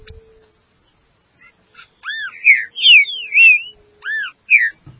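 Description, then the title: Green-winged saltator: loud arched and looping whistled notes in a short rich phrase, after a brief quiet pause, with a faint hum. "Trinca Ferro"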